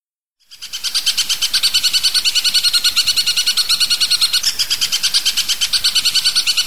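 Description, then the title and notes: Long-tailed shrike song: a fast, steady stream of harsh, chattering notes that starts after half a second of silence and runs without pause to the end. Tembakan song style, variation 5; master recording for tutoring songbirds. "Suara Burung Cendet Tembakan Variasi 5. Masteran Burung Cendet"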